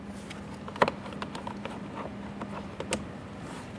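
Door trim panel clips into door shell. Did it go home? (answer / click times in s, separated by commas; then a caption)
no / none. The plastic door trim panel of a 2015-2020 Ford F-150 front door is being handled against the door shell, its locking tabs aligned with their ports before being pressed in. A few short, sharp knocks and taps near 0.8, 1.2 and 2.9 seconds sound over a steady low hum. Nothing has seated or clicked yet.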